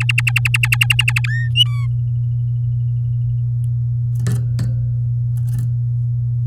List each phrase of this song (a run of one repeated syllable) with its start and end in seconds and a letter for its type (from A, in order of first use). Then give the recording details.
0.00-1.26 A, 1.27-1.49 B, 1.55-1.86 C. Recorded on 9 May 2018 at 12:53. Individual llb16